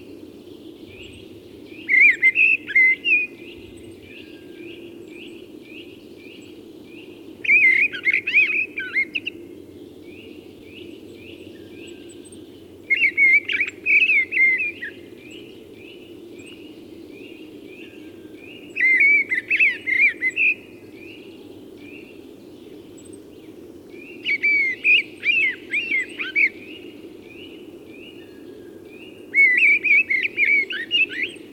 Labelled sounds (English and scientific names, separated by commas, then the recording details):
Mistle Thrush (Turdus viscivorus) song
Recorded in the wild
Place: Kuchelmiß, Mecklenburg-Vorpommern, DE
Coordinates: 53.667, 12.347
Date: 1982-04-02
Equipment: Nagra III BH, Sennheiser MD 21, parabola
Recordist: Schubert, Michael